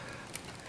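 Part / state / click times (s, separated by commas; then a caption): ink cartridge into printer carriage / not seated / none. A plastic ink cartridge is pressed down by hand into a printer carriage, and it seems to sit down, but its plastic latch arms make no click. Against a steady hiss there is only a single faint, brief tick at about 0.4 s. The cartridge has not clicked or seated yet.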